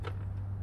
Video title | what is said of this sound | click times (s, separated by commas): The best jobsite hand truck available? The HILTI REDIPAK is here. | it is now locked into place it's not going anywhere | 0.1 s